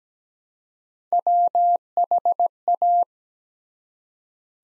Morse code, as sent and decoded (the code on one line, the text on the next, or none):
.-- .... .-
WHA